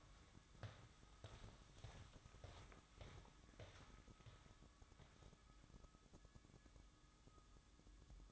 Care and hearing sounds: daily activity, microphone in the room; walk to room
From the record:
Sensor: 3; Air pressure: 1008.2 hPa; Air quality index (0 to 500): 130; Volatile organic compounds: 2 ppm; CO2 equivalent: 1075 ppm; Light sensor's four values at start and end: 10/24/10/10 and 11/25/10/10

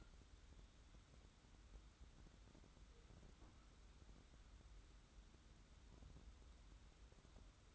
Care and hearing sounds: daily activity, microphone in the room; wipe stove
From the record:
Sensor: 3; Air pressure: 994.4 hPa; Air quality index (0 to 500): 209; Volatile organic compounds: 1000 ppm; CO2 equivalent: 6970 ppm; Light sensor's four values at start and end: 200/483/203/202 and 199/479/202/200

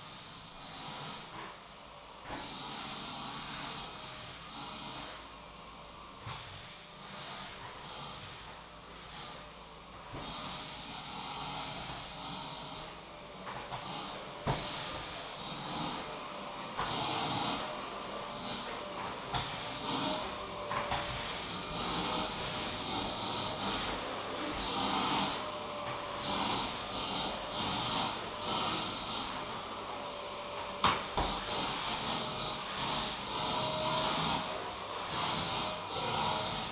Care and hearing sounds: daily activity, microphone in the room; vacuum cleaning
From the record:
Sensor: 1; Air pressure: 1009.6 hPa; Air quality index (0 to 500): 194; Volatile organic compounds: 19 ppm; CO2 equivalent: 2653 ppm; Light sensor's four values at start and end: 31/78/33/39 and 31/78/32/39

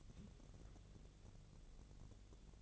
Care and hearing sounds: daily activity, microphone in the room; take from stove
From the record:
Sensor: 4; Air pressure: 1000.8 hPa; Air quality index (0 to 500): 126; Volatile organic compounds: 1 ppm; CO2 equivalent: 948 ppm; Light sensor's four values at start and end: 38/93/39/42 and 38/93/39/42

